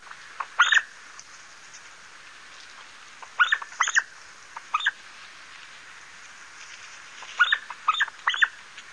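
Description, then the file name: Pin-tailed sandgrouse calls, harsh nasal notes given in short clustered bursts, three groups spread across nine seconds, with quiet gaps between. "GRANDULELIECHT"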